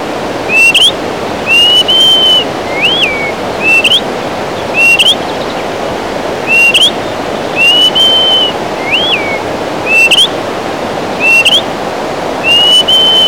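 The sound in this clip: Greater pewee singing a series of clear whistles, long level slurs alternating with short upslurred and humped notes, about one phrase per second, over a steady rushing background noise.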